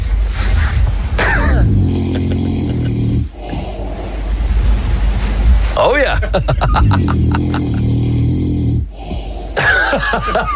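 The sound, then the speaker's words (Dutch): A man snores softly and steadily in his sleep at night, about four low, buzzing breaths at an even rhythm, each with a raspy wheeze; a voice briefly murmurs once over it. “Grappig is dat het is wel een soort lieflijke snurk of zo.”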